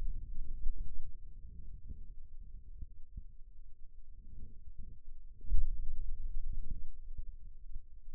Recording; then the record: forearm muscle sounds (acoustic myography)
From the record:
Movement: pen grasping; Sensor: system 2, bracelet of six BSWA MPA416 microphones around the upper forearm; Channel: 1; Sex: male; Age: 22 years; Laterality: right